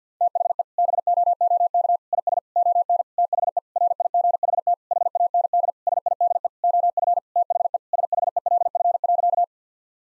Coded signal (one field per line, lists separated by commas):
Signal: Morse code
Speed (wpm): 50 wpm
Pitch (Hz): 700 Hz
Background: none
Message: THE BOOK IS ON THE RIGHT HAND SIDE OF THE SHELF.